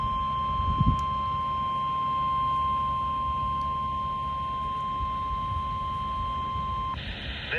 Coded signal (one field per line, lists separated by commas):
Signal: Emergency Alert System (SAME) tones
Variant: 1050 Hz attention tone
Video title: EAS Alerts from mid July-early August 2026 (EAS 230-239)